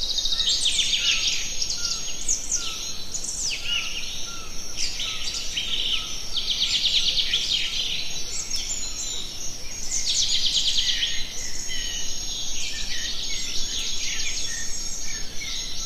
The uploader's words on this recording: Morning Calm in the Forest. The sun is rising, the birds are chirping, and the crisp morning air brings you peace.